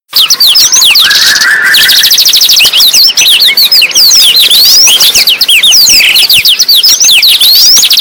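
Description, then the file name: Blackthroat song, an unbroken torrent of rapid high trills and slurred whistles, with a short lower buzzy phrase early on. Lively, energetic singing (gacor). "burung blackthroat gacor"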